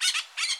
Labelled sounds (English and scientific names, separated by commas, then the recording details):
Brown-throated Parakeet (Eupsittula pertinax) contact call
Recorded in Bonaire
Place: just S of turnoff to Cai, near Lac Bay
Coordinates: 12.126, -68.239